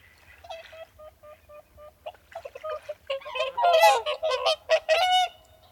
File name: Whooper swan